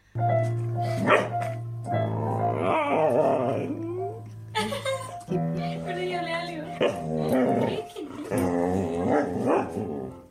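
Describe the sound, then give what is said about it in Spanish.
A female dog growls and barks in drawn-out, wavering bursts over low sustained tones, with a short spoken phrase from a person in between. “Yo no sé si la perra está tocando el piano.”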